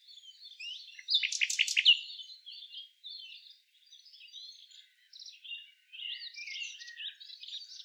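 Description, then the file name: Common nightingale song: a loud rattling burst of rapid notes early, followed by quieter scattered twittering and warbled phrases. "Luscinia megarhynchos"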